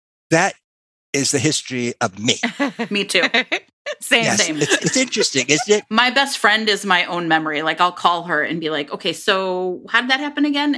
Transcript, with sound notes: That is the history of me. Me too. Same thing. (laughter) It's interesting, isn't it? My best friend is my own memory. I'll call her and be like, "Okay, so how did that happen again?"